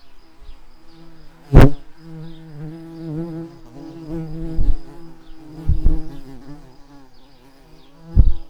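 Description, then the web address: Garden bumblebee buzz: a continuous low droning hum with several sudden loud bursts, the strongest near the start and one near the end. Workers. "Hortorum workers"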